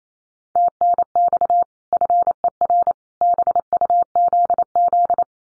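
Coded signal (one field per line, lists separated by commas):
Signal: Morse code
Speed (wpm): 28 wpm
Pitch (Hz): 700 Hz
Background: none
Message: TNX FER BUZZ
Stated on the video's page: Morse code drill of common QSO phrases at 28 wpm for head-copy.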